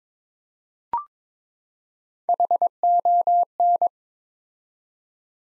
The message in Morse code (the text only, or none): HON